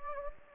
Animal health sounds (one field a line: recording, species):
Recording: mosquito wingbeat signal from an infrared sensor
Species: Anopheles gambiae